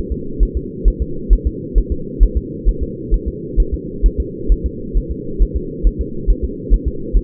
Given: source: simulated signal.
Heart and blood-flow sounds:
fetal heart sounds
0.12 s: S2
0.43 s: S1
0.57 s: S2
0.88 s: S1
1.02 s: S2
1.33 s: S1
1.47 s: S2
1.78 s: S1
1.92 s: S2
2.23 s: S1
2.37 s: S2
2.69 s: S1
2.83 s: S2
3.14 s: S1
3.28 s: S2
3.60 s: S1
3.74 s: S2
4.06 s: S1
4.20 s: S2
4.52 s: S1
4.66 s: S2
4.97 s: S1
5.11 s: S2
5.42 s: S1
5.56 s: S2
5.87 s: S1
6.01 s: S2
6.30 s: S1
6.44 s: S2
6.74 s: S1
6.88 s: S2
7.16 s: S1
From the record:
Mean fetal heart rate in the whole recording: 135 bpm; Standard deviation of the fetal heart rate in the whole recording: 3 bpm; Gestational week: 36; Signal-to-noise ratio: -4.3 dB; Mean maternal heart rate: 72 bpm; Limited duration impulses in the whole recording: absent

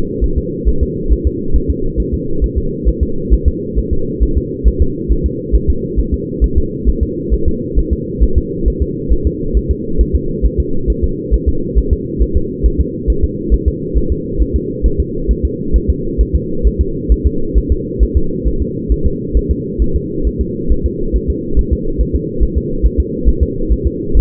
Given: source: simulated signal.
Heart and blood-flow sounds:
fetal heart sounds
0.24 s: S1
0.38 s: S2
0.68 s: S1
0.83 s: S2
1.12 s: S1
1.27 s: S2
1.56 s: S1
1.70 s: S2
2.00 s: S1
2.14 s: S2
2.44 s: S1
2.58 s: S2
2.88 s: S1
3.03 s: S2
3.33 s: S1
3.48 s: S2
3.78 s: S1
3.93 s: S2
4.23 s: S1
4.38 s: S2
4.68 s: S1
4.82 s: S2
5.11 s: S1
5.26 s: S2
5.55 s: S1
5.70 s: S2
5.99 s: S1
6.14 s: S2
6.44 s: S1
6.58 s: S2
6.89 s: S1
7.03 s: S2
7.34 s: S1
7.48 s: S2
7.79 s: S1
7.93 s: S2
8.23 s: S1
8.38 s: S2
8.68 s: S1
8.82 s: S2
9.12 s: S1
9.27 s: S2
9.57 s: S1
9.71 s: S2
10.01 s: S1
10.15 s: S2
10.45 s: S1
10.60 s: S2
10.90 s: S1
11.04 s: S2
11.34 s: S1
11.48 s: S2
11.78 s: S1
11.93 s: S2
12.22 s: S1
12.37 s: S2
12.66 s: S1
12.81 s: S2
13.10 s: S1
13.24 s: S2
13.54 s: S1
13.68 s: S2
13.97 s: S1
14.12 s: S2
14.42 s: S1
14.56 s: S2
14.86 s: S1
15.00 s: S2
15.31 s: S1
15.45 s: S2
15.76 s: S1
15.90 s: S2
16.21 s: S1
16.35 s: S2
16.67 s: S1
16.81 s: S2
17.12 s: S1
17.26 s: S2
17.57 s: S1
17.72 s: S2
18.03 s: S1
18.17 s: S2
18.47 s: S1
18.62 s: S2
18.92 s: S1
19.06 s: S2
19.37 s: S1
19.51 s: S2
19.82 s: S1
19.96 s: S2
20.27 s: S1
20.41 s: S2
20.72 s: S1
20.86 s: S2
21.16 s: S1
21.30 s: S2
21.59 s: S1
21.73 s: S2
22.01 s: S1
22.15 s: S2
22.43 s: S1
22.58 s: S2
22.85 s: S1
23.00 s: S2
23.28 s: S1
23.43 s: S2
23.72 s: S1
23.87 s: S2
24.17 s: S1
From the record:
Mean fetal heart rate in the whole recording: 135 bpm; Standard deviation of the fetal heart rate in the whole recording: 3 bpm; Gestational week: 34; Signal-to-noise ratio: -8.1 dB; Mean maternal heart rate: 72 bpm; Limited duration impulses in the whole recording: absent

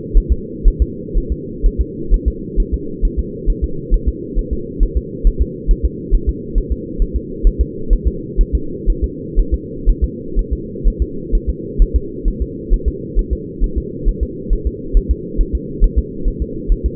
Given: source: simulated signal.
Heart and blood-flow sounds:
fetal heart sounds
0.17 s: S1
0.32 s: S2
0.68 s: S1
0.82 s: S2
1.17 s: S1
1.32 s: S2
1.66 s: S1
1.81 s: S2
2.14 s: S1
2.28 s: S2
2.60 s: S1
2.74 s: S2
3.05 s: S1
3.19 s: S2
3.50 s: S1
3.64 s: S2
3.94 s: S1
4.08 s: S2
4.39 s: S1
4.53 s: S2
4.83 s: S1
4.97 s: S2
5.27 s: S1
5.41 s: S2
5.71 s: S1
5.85 s: S2
6.15 s: S1
6.29 s: S2
6.58 s: S1
6.72 s: S2
7.02 s: S1
7.16 s: S2
7.47 s: S1
7.61 s: S2
7.93 s: S1
8.07 s: S2
8.41 s: S1
8.55 s: S2
8.90 s: S1
9.04 s: S2
9.39 s: S1
9.54 s: S2
9.89 s: S1
10.04 s: S2
10.39 s: S1
10.53 s: S2
10.88 s: S1
11.02 s: S2
11.35 s: S1
11.50 s: S2
11.82 s: S1
11.96 s: S2
12.28 s: S1
12.42 s: S2
12.73 s: S1
12.88 s: S2
13.19 s: S1
13.33 s: S2
13.64 s: S1
13.78 s: S2
14.08 s: S1
14.23 s: S2
14.53 s: S1
14.67 s: S2
14.97 s: S1
15.11 s: S2
15.41 s: S1
15.55 s: S2
15.84 s: S1
15.98 s: S2
16.28 s: S1
16.42 s: S2
16.72 s: S1
16.86 s: S2
From the record:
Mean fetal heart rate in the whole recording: 130 bpm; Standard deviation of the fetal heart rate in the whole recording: 4 bpm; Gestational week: 38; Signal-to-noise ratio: -4.3 dB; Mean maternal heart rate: 72 bpm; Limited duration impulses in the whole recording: absent

